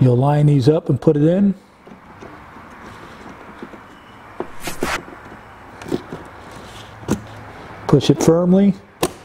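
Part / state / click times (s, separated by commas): memory module into motherboard DIMM slot / seated / 9.0 s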